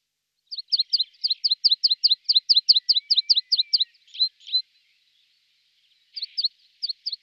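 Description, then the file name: Meadow pipit giving a rapid run of thin, high chirping notes, then after a pause a few more sharp notes near the end. "pispola"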